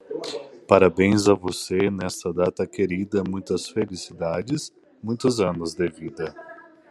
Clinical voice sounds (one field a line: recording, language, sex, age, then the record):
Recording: short text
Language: Brazilian Portuguese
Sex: male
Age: 30 to 39 years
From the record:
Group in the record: control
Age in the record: 33 years